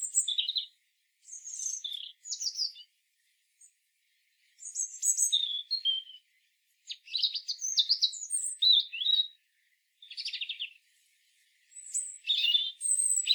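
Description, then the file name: European robin delivering a string of varied high phrases, sparkling trills, thin whistles and quick twitters, in short bursts with brief gaps. "Erithacus rubecula"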